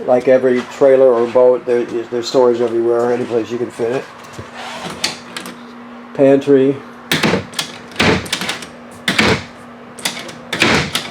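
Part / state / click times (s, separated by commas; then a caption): pantry door latch in RV trailer cabinet / not seated / none. Someone talks, then the pantry door in the cabinet of a 2022 Columbus 329DV fifth-wheel RV trailer is opened and pushed shut several times, banging sharply around 5.0, 7.1, 9.1 and 10.6 seconds. The latch fails to catch and nothing has clicked into place; the door is not latching.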